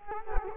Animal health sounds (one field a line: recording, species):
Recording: mosquito wingbeat signal from an infrared sensor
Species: Culex quinquefasciatus